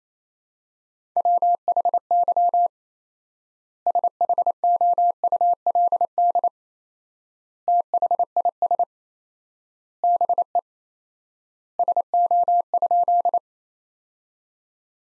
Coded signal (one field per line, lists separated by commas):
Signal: Morse code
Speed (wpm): 28 wpm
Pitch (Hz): 700 Hz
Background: none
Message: WHY SHOULD THIS BE SO?